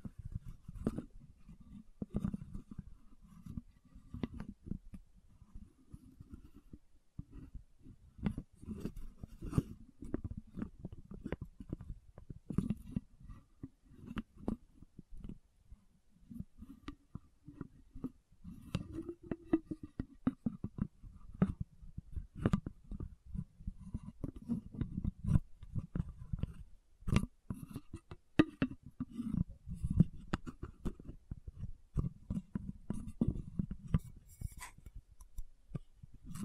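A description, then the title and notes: Lid sounds and bottle tapping with scratching: a continuous run of small taps, clicks and rubbing, dense and uneven throughout. Sharp bright clicks land every fraction of a second over a dull, low scraping that rises and falls in short waves. ASMR 10 Lid Sounds & Bottle Tapping, Scratching for Sleep 1Hr (No Talking).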